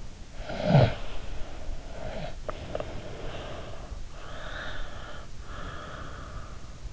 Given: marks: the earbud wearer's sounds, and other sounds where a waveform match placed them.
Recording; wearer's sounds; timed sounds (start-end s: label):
sounds in sleep by an in-ear microphone; snoring breath, breath
0.25-3.92 s: snoring breath
4.00-6.79 s: breath